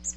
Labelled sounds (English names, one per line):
Magnolia Warbler flight call